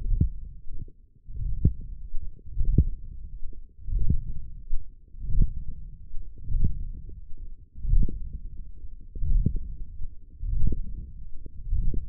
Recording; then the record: forearm muscle sounds (acoustic myography)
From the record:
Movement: ulnar deviation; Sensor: system 1, eight BSWA MPA416 microphones around the upper forearm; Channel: 3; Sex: male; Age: 42 years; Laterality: right